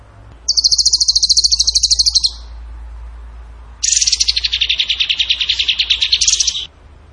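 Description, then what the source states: Bird singing in rapid rattling trills: a high, even trill, a pause of over a second, then a longer buzzy trill that dips lower. Masteran (training recording) for songbirds in the tembakan gacor style.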